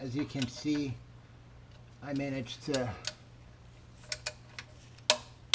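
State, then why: Torque reached. Someone talks, then a click-type torque wrench is ratcheted onto a bolt on the automatic transmission pan of a Ford F150 with a 6R80 transmission, during a fluid change at 32,000 miles, with light ticks around 4.1–4.6 s. The wrench gives a sharp, good click at its set torque at 5.1 s, with another loud click following near 5.5 s, confirming the bolt is tightened to spec without over-tightening.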